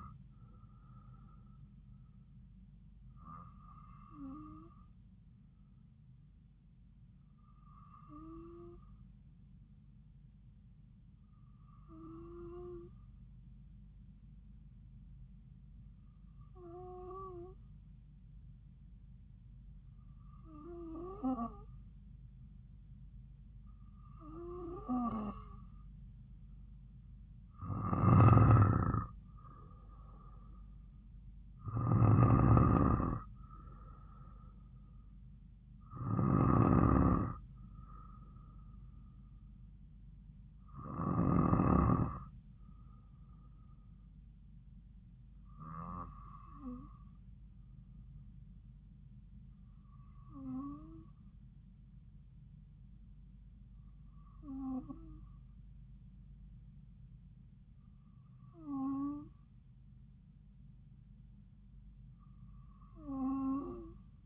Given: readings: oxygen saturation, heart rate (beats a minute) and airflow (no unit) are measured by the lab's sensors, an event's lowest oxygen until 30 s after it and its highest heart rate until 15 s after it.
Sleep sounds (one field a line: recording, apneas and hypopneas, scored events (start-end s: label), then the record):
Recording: breathing in sleep by a smartphone at the bedside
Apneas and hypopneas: 1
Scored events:
11.00-29.80 s: hypopnea (N2, oxygen 95% highest, then 92% lowest)
From the record:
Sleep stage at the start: N2 (light sleep)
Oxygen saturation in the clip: 92 to 95%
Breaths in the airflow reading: 16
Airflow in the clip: -4.3 to 3.8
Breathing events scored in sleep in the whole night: 270 in 6.1 hours asleep